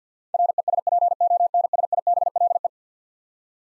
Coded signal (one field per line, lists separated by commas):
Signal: Morse code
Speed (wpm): 50 wpm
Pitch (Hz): 700 Hz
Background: none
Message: RESPONSIBLE